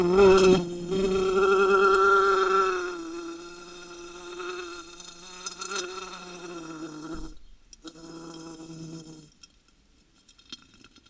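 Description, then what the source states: Wasp buzzing in a droning hum with tapping knocks, pausing briefly, resuming for a short stretch, then falling silent. Wasp under glass.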